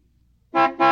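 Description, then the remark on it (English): A small car's horn gives two quick, bright honks in succession, the second following close after the first, loud and buzzy against an otherwise quiet background with no talking. “Is it a big car or a small one? It's a small one.”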